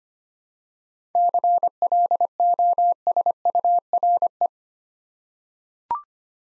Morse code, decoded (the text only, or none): CLOSURE